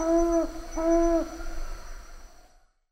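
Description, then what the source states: Papuan frogmouth making two low, level hoots less than a second apart before the sound fades away, with a faint high insect hum behind. Papua New Guinea.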